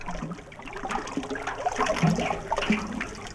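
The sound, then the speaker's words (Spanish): Steady rushing water of a river that has suddenly risen pours and churns without pause as it floods houses, a dense hissing roar with gurgling swirls that swells slightly louder in the second half. No voices. “Cierta vez el río aumentó súbitamente de nivel y el agua inundó las casas.”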